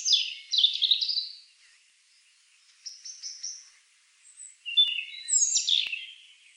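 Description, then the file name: European robin song, three separate bursts of high tinkling, twittering phrases broken by short silent pauses, the last burst richest and most varied. "Erithacus rubecula"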